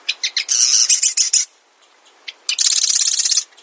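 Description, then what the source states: Marsh Wren song, a few sharp introductory ticks then a grating mechanical rattle, a pause, and another fast buzzy trill. Alexander Wilson likened the song to air bubbles forcing their way through mud; John James Audubon likened it to the grating of a rusty hinge.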